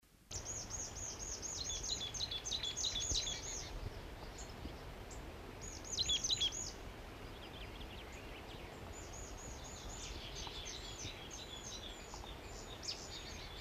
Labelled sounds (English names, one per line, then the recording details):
Marsh Tit song
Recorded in the wild
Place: Wegfurt, DE
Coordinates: 50.3958, 10.0869
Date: 1964-04-03 08:00
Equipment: Uher Report 4000, AKG D190
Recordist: Krey, Winfried